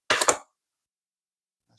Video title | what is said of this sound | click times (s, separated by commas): HP 15 Laptop - Memory Upgrade | So I've got that little corner up. So, I'm just going to go around the edge. You can hear it popping. | 0.1 s, 0.3 s